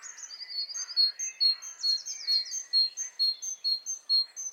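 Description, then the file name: Great tit calls: bright, short high notes repeated about twice a second, with buzzy descending chatter mixed in and fainter lower bird notes beneath. "Parus major"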